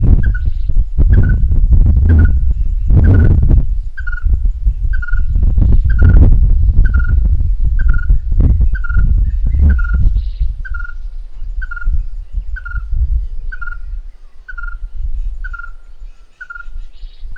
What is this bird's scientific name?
Pogoniulus pusillus